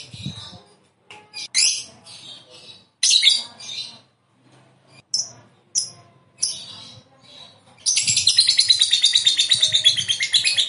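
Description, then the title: Lovebird chirping in short high bursts separated by pauses, then a fast continuous buzzy trill of rapidly repeated notes for the last three seconds. "Suara Lovebird"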